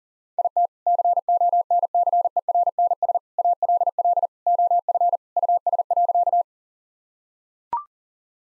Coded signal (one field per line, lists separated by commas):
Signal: Morse code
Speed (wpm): 40 wpm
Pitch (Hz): 700 Hz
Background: none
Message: IT CONCERNS ALL OF US.